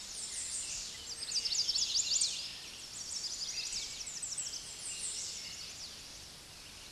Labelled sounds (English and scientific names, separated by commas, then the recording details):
American Redstart (Setophaga ruticilla) song
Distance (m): 75 m
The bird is about 20 m above the microphone
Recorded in a Pennsylvania forest on 16 May 2024 at 06:13
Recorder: AudioMoth, point MSD-2478
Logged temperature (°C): 15.6 °C
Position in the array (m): 116 m, 231 m